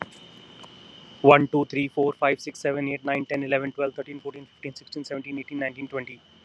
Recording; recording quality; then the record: counting at a fast pace; excellent, no background noise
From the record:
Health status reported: healthy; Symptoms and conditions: none ticked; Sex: male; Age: 41 years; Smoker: not ticked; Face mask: not worn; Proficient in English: yes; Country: India